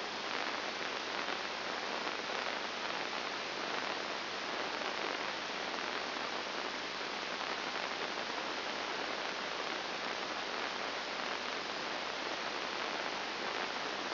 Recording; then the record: brain microelectrode recording played as sound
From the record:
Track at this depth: inside the subthalamic nucleus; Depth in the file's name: 2.703 mm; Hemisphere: left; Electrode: 2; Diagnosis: Parkinson's disease